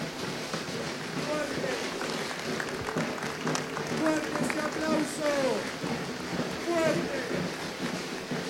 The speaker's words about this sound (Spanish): Fuerte ese aplauso para ti.